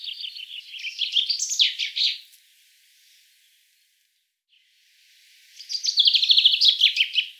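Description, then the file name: Common chaffinch song: two bright, rattling phrases separated by a few seconds of near silence, the first cut off at the start and the second at the end. "Fringilla coelebs"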